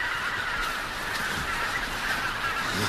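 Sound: geese honking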